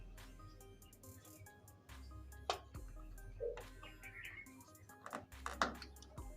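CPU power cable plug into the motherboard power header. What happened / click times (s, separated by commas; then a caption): The power connector latched into its header / 5.6 s. A CPU power cable plug is pushed into the power header in the corner of a motherboard until its plastic latch catches, with music playing in the background. A few small knocks and handling sounds lead up to a sharp click at 5.6 s, when the connector seats and locks in place.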